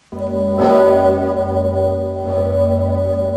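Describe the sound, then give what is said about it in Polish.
The huge Sigismund Bell (Dzwon Zygmunta) on Wawel Hill in Kraków, Poland, tolls at noon for the centenary of Polish independence in November 2018; each heavy, deep strike blooms into a long, rich hum of layered overtones, with a second stroke landing about two seconds after the first over the lingering drone. “Dzwon Zygmunta bije w najważniejszych dla narodu chwilach i tym razem uświetnił obchody stulecia odzyskania przez Polskę niepodległości.”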